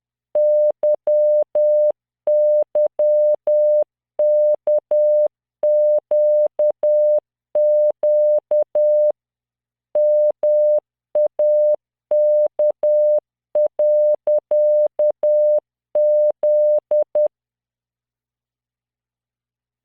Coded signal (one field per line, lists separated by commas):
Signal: Morse code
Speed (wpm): 10 wpm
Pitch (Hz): 600 Hz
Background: none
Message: YYKQQ MAK.Z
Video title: tamanのモールス練習動画83（モールス信号 速度10WPM morse code)